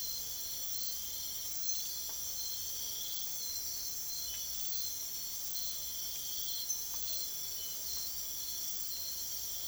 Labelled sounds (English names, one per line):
none